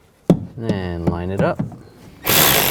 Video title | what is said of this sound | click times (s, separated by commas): How to Replace Door Latch 2009-2018 RAM 1500 | Connect the speaker. Make sure it locks in. | 0.3 s